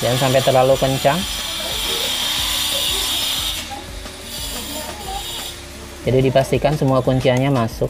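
Someone talks while pressing the plastic LCD bezel/back cover of an HP 14-am503TU laptop screen during an LCD replacement, working to engage its retaining clips into the screen housing. Soft handling noises fill the pause between the talking, and no clip has seated or clicked yet.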